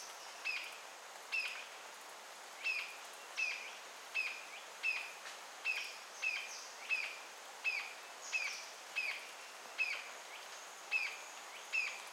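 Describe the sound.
Green-tailed jacamar calling steadily, a long series of short sharp downslurred notes, against continuous background noise.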